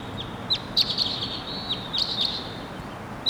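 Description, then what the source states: Crossbill calls: high, sharp chip notes repeated irregularly. Wild crossbills coming in at 7:03, perched; two birds, both males.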